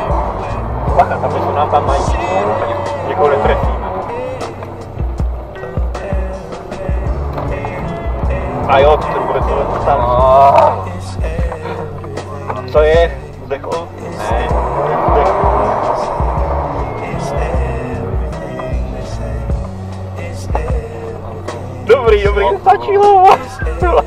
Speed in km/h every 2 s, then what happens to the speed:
17, 25, 25, 19, 22, 0, 0, 0, 18, 22, 21, 16.
0-2 speeds up to 25. 2-8 steady at about 22. 8-10 brakes to 0. 10-15 standing. 15-17 pulls away to 22.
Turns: 0-9, 15-18.